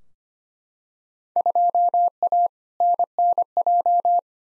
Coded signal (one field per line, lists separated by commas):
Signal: Morse code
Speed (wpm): 25 wpm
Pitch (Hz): 700 Hz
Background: none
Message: 2A NNJ